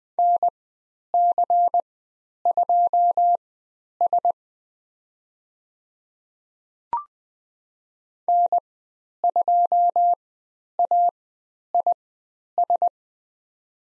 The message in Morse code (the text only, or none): NC2S N2AIS